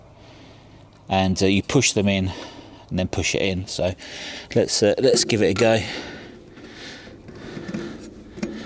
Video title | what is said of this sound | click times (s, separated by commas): Does My AWESOME QO-100 Satellite Transceiver Still Work? | and then you just push it in until it clicks. There we go, | 8.4 s